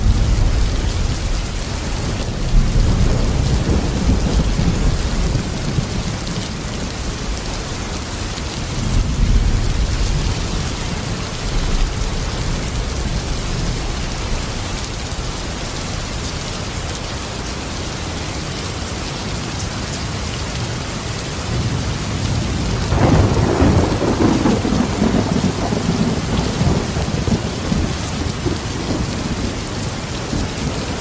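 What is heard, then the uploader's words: Heavy, steady rain hisses densely throughout while deep thunder rumbles roll in near the start, around ten seconds, and again strongly after twenty-three seconds. Heavy Thunder and Rain Sounds. The calming sound of raindrops, combined with the thrilling thunder strikes.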